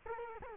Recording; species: mosquito wingbeat signal from an infrared sensor; Culex quinquefasciatus